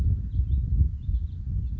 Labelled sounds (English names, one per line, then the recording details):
House Finch
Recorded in Sonoma County, California